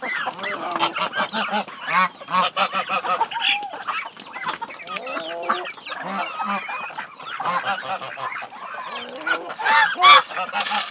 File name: Sound Ideas - Barn Sounds with Geese and Chickens Calling